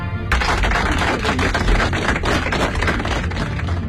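A burst of applause from a crowd, dense rapid clapping that starts abruptly and stays loud and steady throughout, with no voices over it. The applause welcomes a guest, an emotional counselor, onto a Beijing Youth Radio program.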